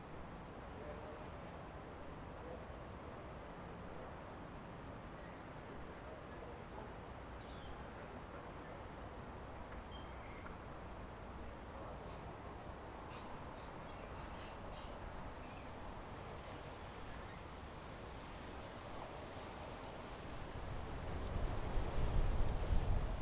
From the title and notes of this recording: Overlooking Tamarama Beach, Bondi, Sydney,. This recording comes from outside the building we stayed in overlooking the beautiful Tamarama Beach, which neighbors the well-known Bondi Beach outside of Sydney. It was a particularly windy, but beautiful day that I was able to capture without too much disturbance from the wind gusts.